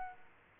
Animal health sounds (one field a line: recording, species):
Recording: mosquito wingbeat signal from an infrared sensor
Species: Aedes aegypti